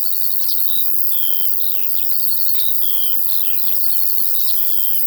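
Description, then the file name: A relentless high cricket trill fills the background while larks deliver clear, slurred whistles and descending chirps. Field ambience with crickets and larks. "Sounds from a Field Larks and Crickets"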